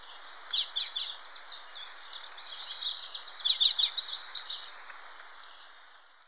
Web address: Natures Songs S America Birds of Ecuador Yellow-bellied Siskin